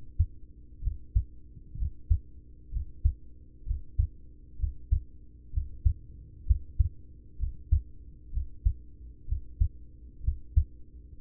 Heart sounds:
heart sounds by stethoscope; 64 bpm
0.79 s: heartbeat
1.75 s: heartbeat
2.69 s: heartbeat
3.63 s: heartbeat
4.56 s: heartbeat
5.50 s: heartbeat
6.43 s: heartbeat
7.36 s: heartbeat
8.30 s: heartbeat
9.25 s: heartbeat
10.21 s: heartbeat
11.17 s: heartbeat
From the record:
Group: heart failure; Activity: rest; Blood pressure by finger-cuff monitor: 104/56 mmHg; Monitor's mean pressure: 73 mmHg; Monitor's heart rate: 63 bpm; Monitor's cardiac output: 5.8 L/min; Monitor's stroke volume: 91 mL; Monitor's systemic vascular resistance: 890 dyn s/cm5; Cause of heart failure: ischemic heart disease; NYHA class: 1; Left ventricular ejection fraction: 33%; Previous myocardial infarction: absent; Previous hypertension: absent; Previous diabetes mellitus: absent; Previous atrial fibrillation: absent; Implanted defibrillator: present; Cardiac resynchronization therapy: absent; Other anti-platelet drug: absent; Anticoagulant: apixaban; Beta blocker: carvedilol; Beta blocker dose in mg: 18.75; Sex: male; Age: 39 years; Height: 168 cm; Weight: 72 kg

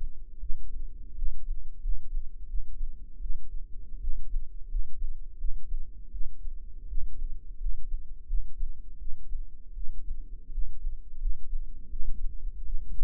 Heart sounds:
heart sounds by microphone in the right ear; 83 bpm
0.39 s: heartbeat
1.14 s: heartbeat
1.80 s: heartbeat
2.46 s: heartbeat
3.19 s: heartbeat
3.99 s: heartbeat
4.67 s: heartbeat
5.37 s: heartbeat
6.10 s: heartbeat
6.87 s: heartbeat
7.57 s: heartbeat
8.25 s: heartbeat
8.97 s: heartbeat
9.73 s: heartbeat
10.50 s: heartbeat
11.18 s: heartbeat
11.88 s: heartbeat
12.63 s: heartbeat
From the record:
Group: healthy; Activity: rest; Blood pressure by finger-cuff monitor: 130/91 mmHg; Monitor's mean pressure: 102 mmHg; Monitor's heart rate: 84 bpm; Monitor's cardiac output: 5.9 L/min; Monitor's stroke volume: 70 mL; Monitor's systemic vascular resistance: 1270 dyn s/cm5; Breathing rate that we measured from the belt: 20 breaths a minute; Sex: male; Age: 21 years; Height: 180 cm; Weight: 67.5 kg

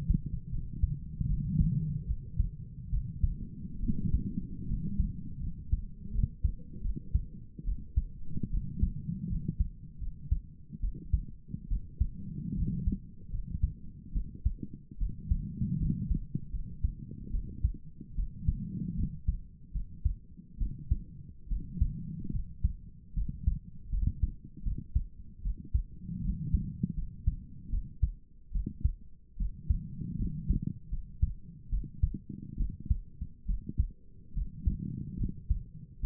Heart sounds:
heart sounds by stethoscope; 74 bpm
0.51 s: heartbeat
1.28 s: heartbeat
2.07 s: heartbeat
2.91 s: heartbeat
3.81 s: heartbeat
4.67 s: heartbeat
5.41 s: heartbeat
6.12 s: heartbeat
6.83 s: heartbeat
7.65 s: heartbeat
8.51 s: heartbeat
9.29 s: heartbeat
10.00 s: heartbeat
10.81 s: heartbeat
11.69 s: heartbeat
12.56 s: heartbeat
13.31 s: heartbeat
14.13 s: heartbeat
14.99 s: heartbeat
15.79 s: heartbeat
16.52 s: heartbeat
17.32 s: heartbeat
18.16 s: heartbeat
18.97 s: heartbeat
19.73 s: heartbeat
20.59 s: heartbeat
21.49 s: heartbeat
22.33 s: heartbeat
23.15 s: heartbeat
23.91 s: heartbeat
24.64 s: heartbeat
25.43 s: heartbeat
26.23 s: heartbeat
26.96 s: heartbeat
27.71 s: heartbeat
28.53 s: heartbeat
29.38 s: heartbeat
30.18 s: heartbeat
30.91 s: heartbeat
31.71 s: heartbeat
32.58 s: heartbeat
33.47 s: heartbeat
34.35 s: heartbeat
35.19 s: heartbeat
36.01 s: heartbeat
From the record:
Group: healthy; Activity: rest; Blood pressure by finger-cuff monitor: 116/55 mmHg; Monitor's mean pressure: 73 mmHg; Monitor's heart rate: 74 bpm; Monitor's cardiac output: 7.7 L/min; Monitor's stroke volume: 103 mL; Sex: female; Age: 22 years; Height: 160 cm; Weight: 63 kg

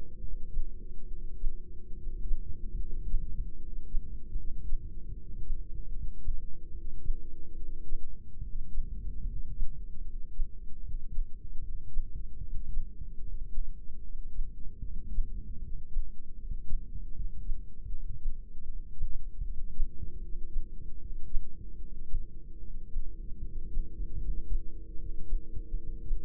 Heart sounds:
heart sounds by microphone in the right ear; 75 bpm
0.19 s: heartbeat
1.06 s: heartbeat
1.93 s: heartbeat
2.77 s: heartbeat
3.57 s: heartbeat
4.34 s: heartbeat
5.12 s: heartbeat
5.89 s: heartbeat
6.70 s: heartbeat
7.54 s: heartbeat
8.40 s: heartbeat
9.23 s: heartbeat
10.02 s: heartbeat
10.81 s: heartbeat
11.59 s: heartbeat
12.39 s: heartbeat
13.20 s: heartbeat
14.00 s: heartbeat
14.80 s: heartbeat
15.59 s: heartbeat
16.36 s: heartbeat
17.12 s: heartbeat
17.88 s: heartbeat
18.64 s: heartbeat
19.42 s: heartbeat
20.19 s: heartbeat
20.97 s: heartbeat
21.77 s: heartbeat
22.58 s: heartbeat
23.40 s: heartbeat
24.18 s: heartbeat
24.96 s: heartbeat
25.74 s: heartbeat
From the record:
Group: heart failure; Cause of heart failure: non-ischemic cardiomyopathy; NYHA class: 1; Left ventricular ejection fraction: 62%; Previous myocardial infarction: absent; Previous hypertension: present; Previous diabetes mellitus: present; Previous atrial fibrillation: absent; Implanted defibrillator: absent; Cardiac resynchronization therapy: absent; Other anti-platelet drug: absent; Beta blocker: bisoprolol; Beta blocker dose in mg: 10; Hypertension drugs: sacubitril-valsartan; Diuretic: furosemide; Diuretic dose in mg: 20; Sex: male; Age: 49 years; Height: 167 cm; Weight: 110 kg

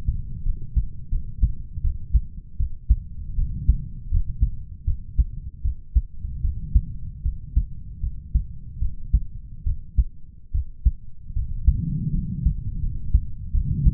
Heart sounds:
heart sounds by stethoscope; 78 bpm
0.43 s: heartbeat
1.09 s: heartbeat
1.81 s: heartbeat
2.57 s: heartbeat
3.35 s: heartbeat
4.09 s: heartbeat
4.85 s: heartbeat
5.62 s: heartbeat
6.41 s: heartbeat
7.22 s: heartbeat
8.00 s: heartbeat
8.79 s: heartbeat
9.64 s: heartbeat
10.51 s: heartbeat
11.33 s: heartbeat
12.11 s: heartbeat
12.79 s: heartbeat
13.51 s: heartbeat
From the record:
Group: healthy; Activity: rest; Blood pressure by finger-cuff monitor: 88/61 mmHg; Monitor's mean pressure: 70 mmHg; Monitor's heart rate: 79 bpm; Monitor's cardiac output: 6.2 L/min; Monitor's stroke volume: 78 mL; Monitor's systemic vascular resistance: 810 dyn s/cm5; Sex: male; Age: 20 years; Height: 187 cm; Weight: 68.9 kg

